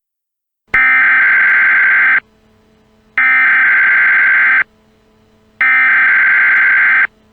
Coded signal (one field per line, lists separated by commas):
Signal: Emergency Alert System (SAME) tones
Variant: header bursts